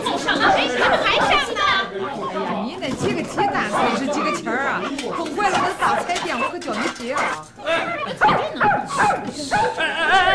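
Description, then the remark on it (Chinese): A dog yelps and whimpers in short, high-pitched bursts after being kicked, mixed in with an excited jumble of overlapping human chatter that carries on loudly throughout. “干嘛踢我的狗啊？”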